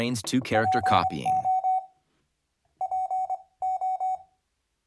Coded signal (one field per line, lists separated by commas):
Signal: Morse code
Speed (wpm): 24 wpm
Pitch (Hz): 750 Hz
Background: speech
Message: PO PO